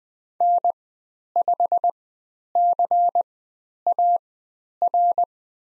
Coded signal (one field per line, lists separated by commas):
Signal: Morse code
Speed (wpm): 20 wpm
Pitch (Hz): 700 Hz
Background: none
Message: N5CAR